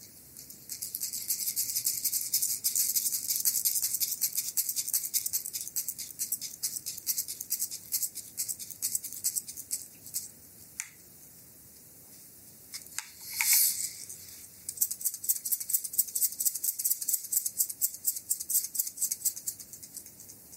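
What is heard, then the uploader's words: Bamboo sticks rub and roll over skin in a full body massage, making dense, rapid, bright rustling strokes. The strokes fade out around ten seconds, leaving near silence with a brief swish at thirteen seconds, then the quick brushing resumes until the end. ASMR Bamboo full body Massage by Anna. Relaxing massage with bamboo sticks for our dear subscribers. The bamboo sticks are wrapped in a heating pad to warm them.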